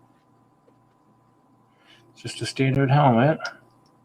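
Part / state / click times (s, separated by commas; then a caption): plastic helmet/shades piece onto minifigure head stud / not seated / none. A plastic building-toy accessory, a helmet or sunglasses piece that tends not to click into place easily, is handled over a minifigure head stud. After a quiet stretch of faint low background noise, someone talks from about 2.2 to 3.5 seconds. The piece has not seated or clicked yet by the end.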